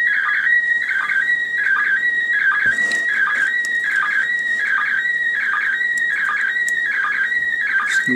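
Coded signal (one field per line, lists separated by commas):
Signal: SSTV (slow-scan television)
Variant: PD 180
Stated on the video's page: SSTV images transmitted from the International Space Station as an experiment.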